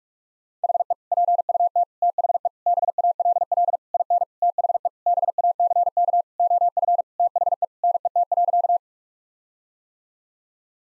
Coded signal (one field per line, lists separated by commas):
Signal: Morse code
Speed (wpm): 46 wpm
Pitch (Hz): 700 Hz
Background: none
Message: HE PUT THE BALL IN THE BACK OF THE NET.